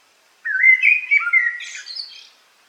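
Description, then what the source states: Eurasian blackbird song phrase, a rich whistled warble wandering up and down before finishing in a squeaky, higher twitter. Recorded in a forest on 8 July 2018.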